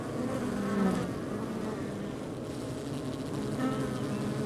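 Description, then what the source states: Honey bees buzzing, a dense low hum with a short swelling buzz early on and another faint pass near the end. Outside a beehive.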